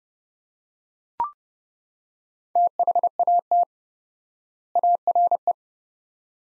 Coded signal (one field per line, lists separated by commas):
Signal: Morse code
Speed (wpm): 30 wpm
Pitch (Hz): 700 Hz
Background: none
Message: THAT ARE